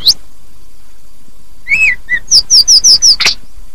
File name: tledekan atau sulingan